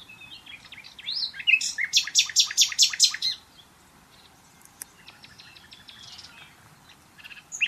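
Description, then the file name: Common nightingale song: a few soft notes, then a loud, evenly repeated series of strong chirps, followed by scattered quiet clicks. "Luscinia megarhynchos"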